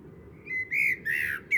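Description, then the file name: Common blackbird gives a few slurred, mellow whistled notes in quick succession. "Turdus merula"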